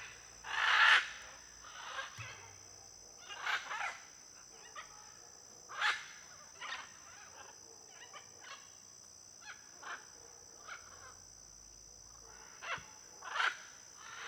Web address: Conjunto de Araras em Area de Muitas Palmeiras e ruidos de grilo. etiqueta arara-caninde